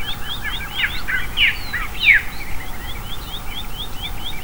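Bird calls: quick high chirps repeated in a loose series, with a few louder sharp downslurred notes, against constant low background rumble.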